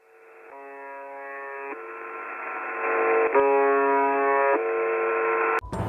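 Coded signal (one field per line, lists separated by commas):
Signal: channel marker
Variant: UVB-76 (The Buzzer)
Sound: two harsh, roughly one-second buzzes about three seconds apart over steady radio hiss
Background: radio static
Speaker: और इसी के साथ एक फ्रीक्वेंसी का साउंड प्रोड्यूस होता है कुछ इस तरह है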